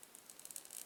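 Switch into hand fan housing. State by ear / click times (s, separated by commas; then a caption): not seated / none. A small plastic rocker power switch is handled and pushed toward the hole drilled in a small hand fan's body, giving faint, scattered rattling ticks with brief sharp transients around 0.6 s and 0.9 s. Nothing has seated or clicked yet.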